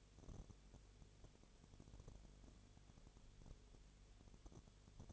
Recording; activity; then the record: daily activity, microphone in the room; no activity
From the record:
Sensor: 4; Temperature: 22.0 degrees Celsius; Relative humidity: 29.7%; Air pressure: 1002.1 hPa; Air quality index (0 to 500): 59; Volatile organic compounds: 1 ppm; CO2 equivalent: 608 ppm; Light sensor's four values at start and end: 2/3/1/1 and 2/3/1/1